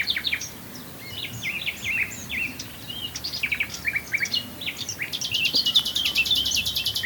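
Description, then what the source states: Common nightingale song of varied chirps and slurred notes, building into a high, fast, sustained trill near the end. Recorded at Swale.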